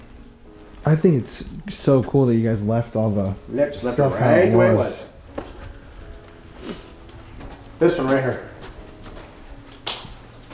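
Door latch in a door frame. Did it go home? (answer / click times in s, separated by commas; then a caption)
released / 9.9 s. A large old interior door is opened by hand while someone talks. Its latch in the door frame releases with a sharp click at 9.9 s.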